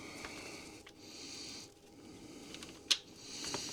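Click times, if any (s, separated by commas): 2.9 s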